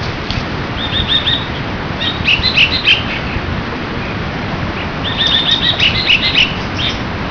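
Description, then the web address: Bulbul giving short, chirpy, bubbling phrases in two bursts, over steady low rumbling background noise. "birdcall Chebulbu"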